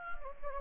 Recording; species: mosquito wingbeat signal from an infrared sensor; Anopheles gambiae